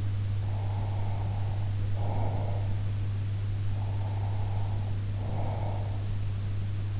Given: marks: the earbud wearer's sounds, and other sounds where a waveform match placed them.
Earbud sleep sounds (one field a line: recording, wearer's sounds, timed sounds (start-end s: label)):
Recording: sounds in sleep by an in-ear microphone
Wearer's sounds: breath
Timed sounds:
0.42-2.79 s: breath
3.71-6.08 s: breath